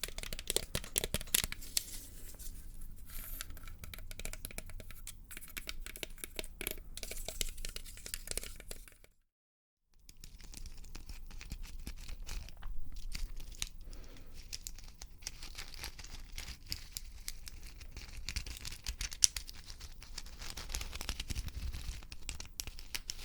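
Dense, irregular tapping and scratching crackles throughout, with a brief complete silence around nine seconds before the busy rustling resumes.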